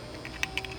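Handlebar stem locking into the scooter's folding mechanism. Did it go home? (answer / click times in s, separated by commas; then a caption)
yes / 0.4 s. On a mobility scooter's folding handlebar mechanism, with the pressure clamp opened, a small button is pushed and the handlebar stem locks into position. Short, sharp metallic clicks are heard at about 0.3, 0.6, 0.7 and 0.8 seconds, with the loudest at 0.4 seconds. The stem locks into place at 0.4 seconds.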